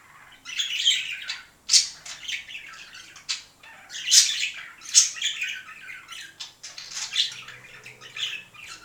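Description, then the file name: Budgerigar chatter-song, a near-continuous run of squeaky chirps and clicks rising and falling in loudness throughout. Singing of budgerigars, more than one bird. "penie volnistyx popugaev"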